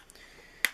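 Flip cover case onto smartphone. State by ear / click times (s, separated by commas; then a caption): seated / 0.6 s. A flip cover case for an ASUS ZenFone 2 ZE551ML smartphone is pressed onto the back of the phone and snaps into place. After a faint tick at 0.1 s and low rustling, one sharp, bright click is heard at 0.6 s. The case is seated on the phone.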